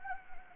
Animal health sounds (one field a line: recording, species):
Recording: mosquito wingbeat signal from an infrared sensor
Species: Anopheles gambiae